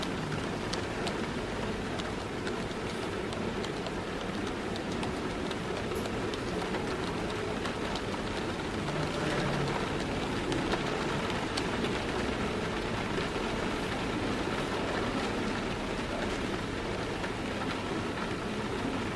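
Rain patters steadily on a window while people chatter quietly at their tables, a dense, even murmur with a low rumble underneath. Small bright clinks of cups ring out now and then, around six and ten seconds, over the constant wash.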